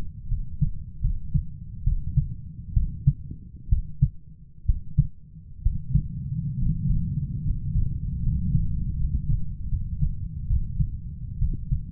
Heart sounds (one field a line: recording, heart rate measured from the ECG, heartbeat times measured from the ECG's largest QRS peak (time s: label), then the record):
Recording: heart sounds by stethoscope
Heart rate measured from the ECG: 70 bpm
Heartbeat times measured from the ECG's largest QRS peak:
0.28 s: heartbeat
1.01 s: heartbeat
1.83 s: heartbeat
2.73 s: heartbeat
3.69 s: heartbeat
4.65 s: heartbeat
5.62 s: heartbeat
6.58 s: heartbeat
7.43 s: heartbeat
8.21 s: heartbeat
8.95 s: heartbeat
9.68 s: heartbeat
10.46 s: heartbeat
11.38 s: heartbeat
From the record:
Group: healthy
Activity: cold pressor test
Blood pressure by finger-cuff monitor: 137/77 mmHg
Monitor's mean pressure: 97 mmHg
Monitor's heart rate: 77 bpm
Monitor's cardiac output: 7.6 L/min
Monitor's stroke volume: 102 mL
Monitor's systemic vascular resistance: 880 dyn s/cm5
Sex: male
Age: 23 years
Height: 178 cm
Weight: 96.6 kg